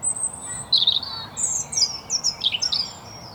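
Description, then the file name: European robin song: a long thin high whistle, then tumbling, warbled high notes that rise and fall in quick succession. "Erithacus rubecula"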